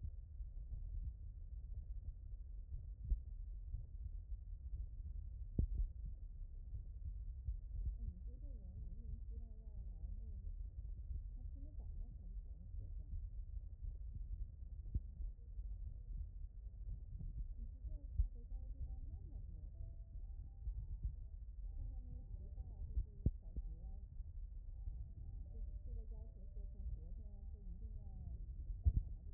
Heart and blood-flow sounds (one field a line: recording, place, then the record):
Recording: heart sounds by stethoscope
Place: aortic valve (AV)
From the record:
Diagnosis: non-HFrEF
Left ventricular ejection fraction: 65%